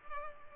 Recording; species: mosquito wingbeat signal from an infrared sensor; Culex pipiens